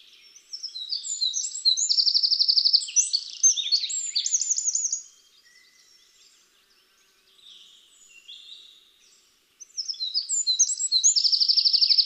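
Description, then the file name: Eurasian wren singing a fast, shrill cascade of twitters and a loud buzzing trill, falling quiet for several seconds before a second energetic burst starts. "Troglodytes troglodytes"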